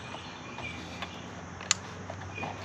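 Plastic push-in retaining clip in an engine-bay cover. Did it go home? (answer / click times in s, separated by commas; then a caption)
released / 1.7 s. On a 2013 Kia Optima being prepared for spark plug and coil pack replacement before a road trip, the centre of a plastic push-in retaining clip, one of two holding the engine-bay cover, is pressed down. A sharp, bright pop at 1.7 s marks the clip letting go, with only faint ticks around 1.0, 1.6 and 2.4 s over a steady low background hum. The clip comes loose and is released.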